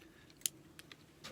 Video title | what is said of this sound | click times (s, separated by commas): Construction: Working High, Safety Ideas and Tools, , Fall Arrest Immediate Lock Clip; RE: IMBD LLC | and if you put pressure downward locks into place really quickly | 0.5 s